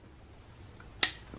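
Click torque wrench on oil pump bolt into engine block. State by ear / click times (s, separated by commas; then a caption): torque reached / 1.0 s. A click-type torque wrench set to 17 ft lb tightens an oil pump bolt into the engine block of a 420A engine. It gives a single sharp click at 1.0 s, a signal to stop pulling, and the bolt reaches its set torque. Low background hum and a couple of faint ticks surround it.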